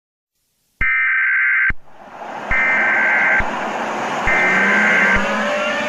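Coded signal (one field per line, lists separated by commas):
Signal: Emergency Alert System (SAME) tones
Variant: header bursts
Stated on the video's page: Fictional EAS scenario.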